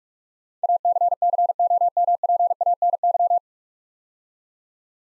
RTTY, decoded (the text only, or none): none